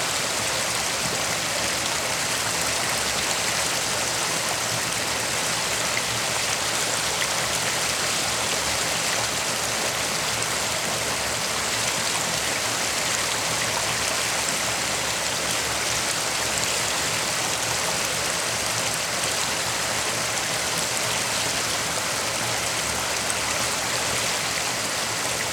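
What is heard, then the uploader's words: A waterfall pours in a steady, dense rush that never lets up across the whole stretch. The sound is bright and hissing, strongest in the upper range with a thinner low rumble beneath, and the level stays even throughout with no separate events. Waterfall - White Noise.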